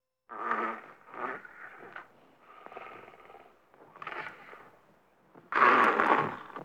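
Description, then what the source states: Dog snarling: a string of harsh, noisy growled bursts with short gaps, ending in a louder, rasping outburst. Angry growl.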